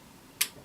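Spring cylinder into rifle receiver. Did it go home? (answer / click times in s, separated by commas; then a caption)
yes / 0.4 s. During reassembly after a spring upgrade on an Ares Amoeba Striker airsoft sniper rifle, the metal spring cylinder is pushed into the receiver and rotated back until it locks. After near silence, a single sharp, bright click sounds at 0.4 s and quickly fades. The cylinder is seated and locked in the receiver.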